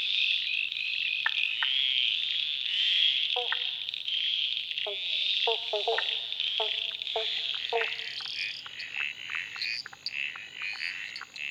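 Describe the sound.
Frogs in a continuous shrill trilling chorus, with short clicking notes scattered through the middle and a steady high whine later.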